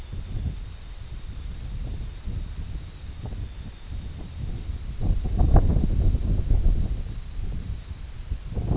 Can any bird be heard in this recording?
no